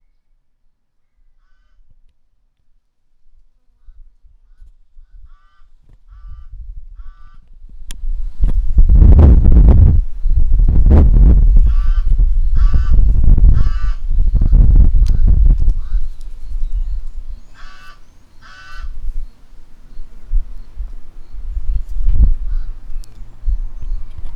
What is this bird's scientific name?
Corvus albus